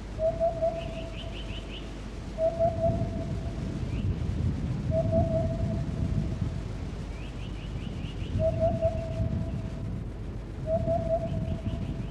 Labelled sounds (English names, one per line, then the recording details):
Eurasian Hoopoe
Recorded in the wild
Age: adult
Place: Reichwalde, Oberlausitz, Sachsen, DE
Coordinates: 51.3667, 14.6333
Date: 1962-05-12
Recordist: Meyer, Hugo
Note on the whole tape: Zwischen Reichwalde und Dürrwitz: Rufe eines Wiedehopfes